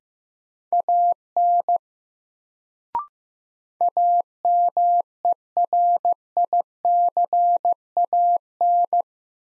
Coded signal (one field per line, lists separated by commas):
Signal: Morse code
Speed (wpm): 16 wpm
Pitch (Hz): 700 Hz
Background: none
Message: AN AMERICAN